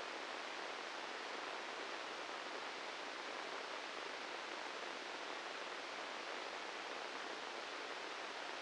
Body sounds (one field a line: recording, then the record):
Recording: brain microelectrode recording played as sound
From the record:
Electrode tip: inside the subthalamic nucleus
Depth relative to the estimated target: -1 mm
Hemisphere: left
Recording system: NeuroSet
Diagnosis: Parkinson's disease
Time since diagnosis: 10 years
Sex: male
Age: 56 years